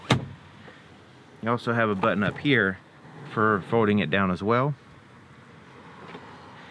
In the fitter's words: when you pull this it unruly it releases it so it can fold down you